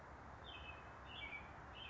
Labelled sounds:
American Robin (Turdus migratorius)
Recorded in Sonoma County, California

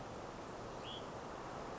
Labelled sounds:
Hutton's Vireo (Vireo huttoni)
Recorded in Sonoma County, California

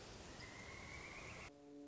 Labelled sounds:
Pileated Woodpecker (Dryocopus pileatus)
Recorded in Sonoma County, California

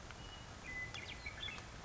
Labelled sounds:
Western Meadowlark (Sturnella neglecta)
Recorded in Sonoma County, California

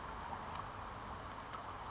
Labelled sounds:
California Towhee (Melozone crissalis)
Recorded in Sonoma County, California

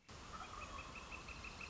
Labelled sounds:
Northern Flicker (Colaptes auratus)
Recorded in Sonoma County, California

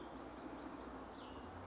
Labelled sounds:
Cassin's Vireo (Vireo cassinii)
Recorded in Sonoma County, California

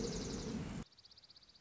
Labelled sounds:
Dark-eyed Junco (Junco hyemalis)
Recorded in Sonoma County, California

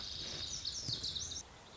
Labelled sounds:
Lazuli Bunting (Passerina amoena)
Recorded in Sonoma County, California

